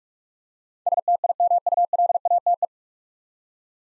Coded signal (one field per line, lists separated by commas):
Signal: Morse code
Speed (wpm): 44 wpm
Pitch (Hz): 700 Hz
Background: none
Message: STIMULATE